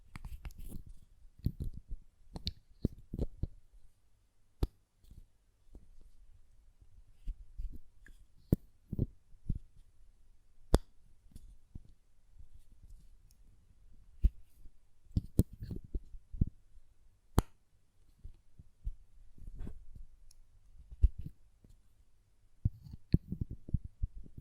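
A glass perfume bottle is tapped and handled, its lid knocked and set down in short, sharp clicks. The taps come irregularly, sometimes in quick clusters and sometimes alone with pauses, a few ringing bright and crisp. A low, soft thudding sits underneath the whole time.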